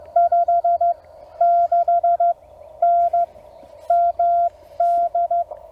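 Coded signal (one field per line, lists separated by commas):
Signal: Morse code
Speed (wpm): 16 wpm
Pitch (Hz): 700 Hz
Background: none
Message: 56N MD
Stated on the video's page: CW park activation contacts made during the 2024 eclipse.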